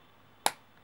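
A plastic end cap is pushed back over the USB charging port of a toy remote control and clicks on at 0.5 s. The sharp, bright snap stands out against a quiet background. The cap is seated and secure, so it won't fall off.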